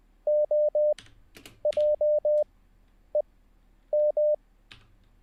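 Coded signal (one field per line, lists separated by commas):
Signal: Morse code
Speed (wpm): 20 wpm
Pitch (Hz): 600 Hz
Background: none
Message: OJEM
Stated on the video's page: Morse code learning session, livestreamed, day 10.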